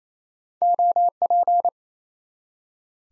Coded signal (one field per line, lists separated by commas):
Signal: Morse code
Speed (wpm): 28 wpm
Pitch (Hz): 700 Hz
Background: none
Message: OP